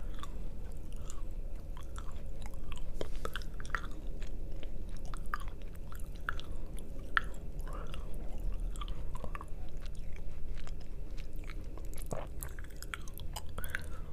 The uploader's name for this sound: Chocolate Eating